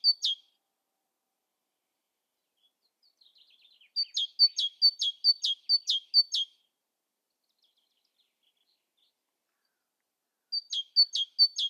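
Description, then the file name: Great tit song in three bouts: a single phrase, then a run of several high-low whistled pairs, then a few more after a long silence, with faint twitters between. "Parus major"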